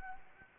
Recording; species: mosquito wingbeat signal from an infrared sensor; Anopheles arabiensis